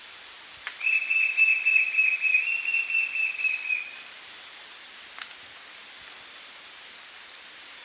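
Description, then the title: White-shouldered fire-eye song, a fast run of whistled notes lasting about three seconds, with higher twittering phrases at its start and again later, and a couple of clicks. "LuckyPassaro Completos2Sama. White-shouldered Fire-eye (Pyriglena leucoptera)"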